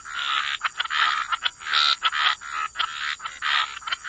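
Dense frog chorus, nasal croaks and rattling trills crowding one another with brief gaps, steady hiss in the background.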